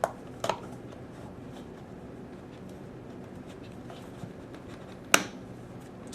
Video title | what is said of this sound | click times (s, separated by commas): X7 Disassemble Reassemble (Part 2) | it snaps into place there that one fit a little tight | 5.1 s